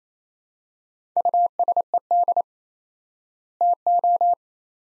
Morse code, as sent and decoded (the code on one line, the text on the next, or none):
..- ... . -.. / - ---
USED TO